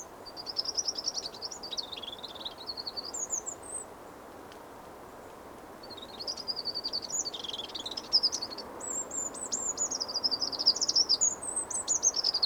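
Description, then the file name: Eurasian wren delivering two long, energetic phrases of high-pitched trills and twitters, separated by a brief pause, over a constant faint background hiss. "Troglodytes troglodytes"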